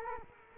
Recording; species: mosquito wingbeat signal from an infrared sensor; Culex quinquefasciatus